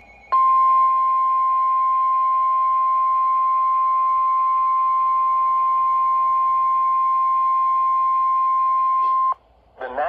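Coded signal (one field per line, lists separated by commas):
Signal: Emergency Alert System (SAME) tones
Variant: 1050 Hz attention tone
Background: speech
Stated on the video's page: Severe Thunderstorm Warning from NOAA Weather Radio transmitter in Columbus, Ohio.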